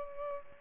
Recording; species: mosquito wingbeat signal from an infrared sensor; Culex pipiens